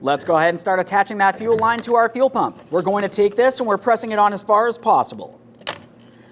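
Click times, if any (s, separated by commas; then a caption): 5.7 s. A fuel line quick-connect is pressed as far as possible onto the fuel pump module assembly of a 2007-2014 Ford Edge 3.5L V6 while someone talks. A sharp click is heard at 5.7 s, showing the connector has seated on the pump. It is then given a tug.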